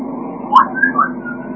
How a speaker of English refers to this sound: You're being a bit loud with your parrot noises